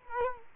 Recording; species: mosquito wingbeat signal from an infrared sensor; Culex quinquefasciatus